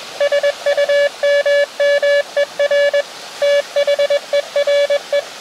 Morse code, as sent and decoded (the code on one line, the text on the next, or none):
... ..- -- -- . .-. / - .... . .-. .
SUMMER THERE